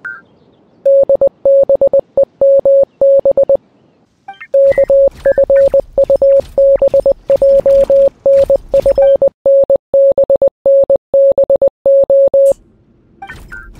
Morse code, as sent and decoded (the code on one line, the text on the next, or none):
-.. -... . -- -... / -.- ..-. ..- -... .--- -. ..-. -. -... -. -... ---
DBEMB KFUBJNFNBNBO